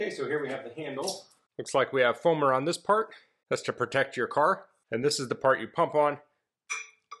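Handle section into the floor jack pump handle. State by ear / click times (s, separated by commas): seated / 7.1 s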